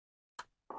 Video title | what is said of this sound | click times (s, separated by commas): Build Star Wars Darth Vader 1:2 Scale - pack 2 stage 5 #foryou #starwars#darthvader#fanhome | There we go. Hear that click. | 0.4 s, 0.7 s